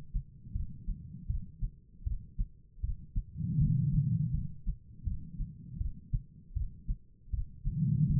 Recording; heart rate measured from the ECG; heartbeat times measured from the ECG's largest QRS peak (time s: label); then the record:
heart sounds by stethoscope; 80 bpm
0.53 s: heartbeat
1.27 s: heartbeat
2.04 s: heartbeat
2.81 s: heartbeat
3.58 s: heartbeat
4.32 s: heartbeat
5.04 s: heartbeat
5.78 s: heartbeat
6.54 s: heartbeat
7.31 s: heartbeat
8.07 s: heartbeat
From the record:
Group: healthy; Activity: rest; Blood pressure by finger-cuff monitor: 132/94 mmHg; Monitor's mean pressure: 112 mmHg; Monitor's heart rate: 80 bpm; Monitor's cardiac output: 4.7 L/min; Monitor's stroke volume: 59 mL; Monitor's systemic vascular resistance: 1790 dyn s/cm5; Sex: female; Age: 51 years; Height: 162 cm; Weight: 70.04 kg